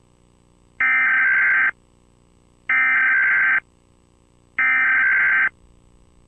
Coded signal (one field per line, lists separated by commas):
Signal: Emergency Alert System (SAME) tones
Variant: header bursts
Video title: EAS alarm with youtuber intro for @AAAshley86ThuNderBirD